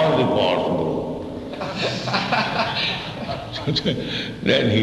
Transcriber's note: laughter